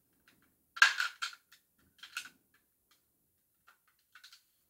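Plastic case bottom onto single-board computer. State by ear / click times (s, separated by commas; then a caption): not seated / none. Someone tries to snap the plastic case bottom of a Kano Computer Kit onto its Raspberry Pi 3 single-board computer, with bursts of plastic clattering and scraping at about 0.8 to 1.4 seconds, 2.0 to 2.3 seconds and 4.2 to 4.4 seconds. The case bottom fails to snap on, and nothing has seated or clicked yet.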